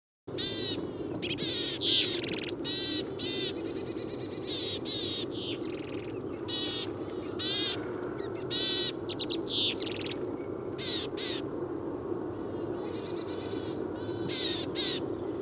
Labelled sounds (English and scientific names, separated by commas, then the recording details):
Willow Tit (Poecile montanus) call
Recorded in the wild
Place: Groß Nemerow, Mecklenburg-Vorpommern, DE
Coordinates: 53.448, 13.219
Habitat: Forest
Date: 1982-03-24 08:45
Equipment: Nagra III BH, Sennheiser MD 21, parabola
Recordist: Schubert, Michael
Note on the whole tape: Viele verschiedene Rufe einer Weidenmeise und bei Streit eines Paares